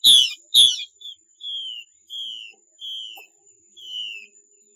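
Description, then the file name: Chinese hwamei song: two loud rich notes, then a slower series of drawn-out whistles falling slightly in pitch. Female bird giving 'xuy' calls. "Tieng chim hoa mi mai xuy"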